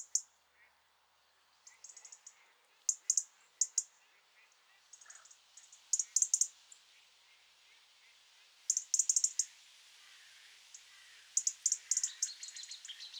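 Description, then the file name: European robin ticking, runs of sharp high clicks repeated every few seconds, over a steady hiss and faint background birdsong. "Erithacus rubecula"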